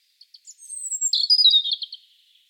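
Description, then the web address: European robin phrase opening with a couple of faint ticks and a very high thin whistle, then a falling run of liquid warbled notes. "SETE Erithacus rubecula"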